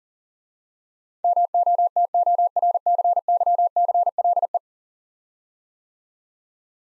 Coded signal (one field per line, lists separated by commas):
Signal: Morse code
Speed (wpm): 40 wpm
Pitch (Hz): 700 Hz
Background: none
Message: MOTORCYCLE